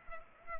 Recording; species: mosquito wingbeat signal from an infrared sensor; Culex pipiens